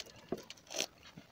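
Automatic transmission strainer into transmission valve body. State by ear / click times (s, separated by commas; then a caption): seated / 0.8 s. A new automatic transmission strainer (filter) for a Chevrolet Astro is pushed by hand into its bore in the transmission valve body. After a small tap near 0.3 s, a bright, sharp snap is heard at 0.8 s as the strainer seats in the right position with a clear click feel.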